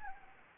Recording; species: mosquito wingbeat signal from an infrared sensor; Anopheles gambiae